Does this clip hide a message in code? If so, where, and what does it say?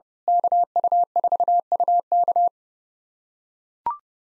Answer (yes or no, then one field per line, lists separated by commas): yes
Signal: Morse code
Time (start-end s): 0.3-2.5 s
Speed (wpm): 30 wpm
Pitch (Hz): 700 Hz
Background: none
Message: KU4UK